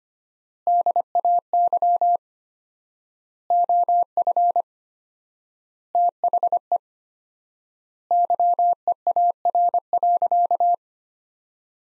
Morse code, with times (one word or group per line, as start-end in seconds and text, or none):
0.7-2.2 DAY
3.5-4.6 OF
6.0-6.8 THE
8.1-10.7 YEAR.